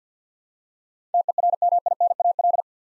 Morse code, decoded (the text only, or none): TERMINAL